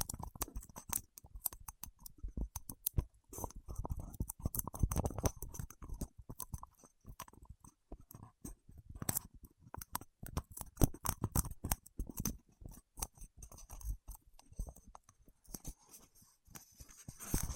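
Wax fingertips make dense, irregular sticky clicks and crackles, tapping rapidly and unevenly throughout with bright snaps and soft low thuds.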